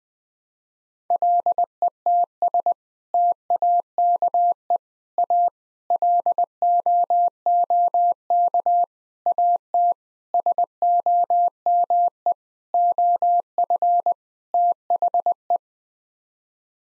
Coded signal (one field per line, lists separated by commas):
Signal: Morse code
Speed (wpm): 20 wpm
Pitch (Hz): 700 Hz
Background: none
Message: LETS TAKE A LOOK AT SOME OF THE